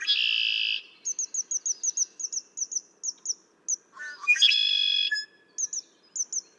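Red-winged blackbird singing two buzzy trilled songs, separated by a rapid run of high, thin chipping notes.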